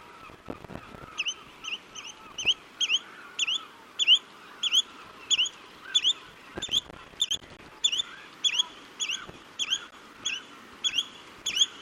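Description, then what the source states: Spotted redshank calling, a sharp 'chu-it' whistle repeated many times, about every half second or so, with a few clicks. In flight.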